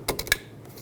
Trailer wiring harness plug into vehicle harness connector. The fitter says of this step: there we go you'll hear the click and if you turn it backwards or counterclockwise you should not be able to remove this